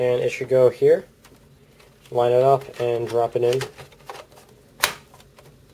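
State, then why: Seated. A power supply unit is lined up and dropped into its bay in a PS3 console's chassis while someone talks. A sharp, loud click at 4.8 s marks it seating in place.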